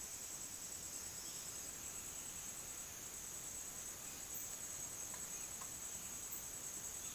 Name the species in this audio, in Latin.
none